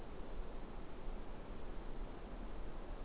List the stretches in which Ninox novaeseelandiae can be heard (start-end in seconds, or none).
none